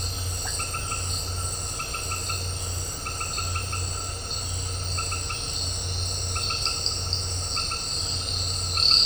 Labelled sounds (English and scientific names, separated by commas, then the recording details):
none
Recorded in dense forest near Puerto Asís, Putumayo, Colombia, on 9 March 2025 at 18:00
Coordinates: 0.468, -76.322
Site GP01